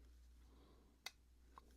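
A ROM chip, with its notch matched and no pins bent, is pressed into its socket on a logic board, giving a sharp snap at 1.1 s and a fainter tick at 1.6 s. The chip may not be fully seated in the socket.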